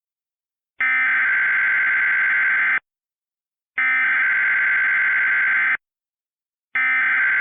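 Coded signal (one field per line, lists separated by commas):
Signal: Emergency Alert System (SAME) tones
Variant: header bursts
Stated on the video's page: Remade EAS alerts for Hurricane Ida containing valid tones; recreations, not real broadcasts.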